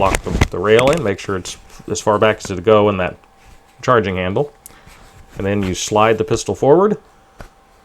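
Someone talks while a pistol is slid forward along the rail of a CAA Micro Conversion Kit (MCK) brace chassis for a Glock, with the charging handle set back first. Short sharp handling sounds come at about 4.7 s and 7.4 s. The pistol has not clicked or locked into place yet.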